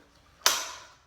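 The metal lever buckle on an Iron Tanks 13mm leather powerlifting belt is snapped shut. It locks with a single sharp, bright click at 0.5 s (0.46 s), which rings and fades over about half a second. The buckle is fully closed and seated, the signal that the lifter is ready to lift.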